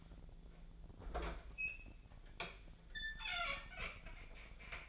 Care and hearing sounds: daily activity, microphone in the room; open fridge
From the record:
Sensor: 5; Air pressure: 1009.8 hPa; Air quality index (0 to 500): 160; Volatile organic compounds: 4 ppm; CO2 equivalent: 1564 ppm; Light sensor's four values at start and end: 116/298/124/132 and 118/302/126/134

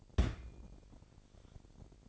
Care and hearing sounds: daily activity, microphone in the room; place on stove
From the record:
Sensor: 5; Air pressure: 1012.1 hPa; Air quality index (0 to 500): 240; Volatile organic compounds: 4 ppm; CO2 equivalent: 1594 ppm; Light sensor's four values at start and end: 44/98/42/46 and 45/102/43/47

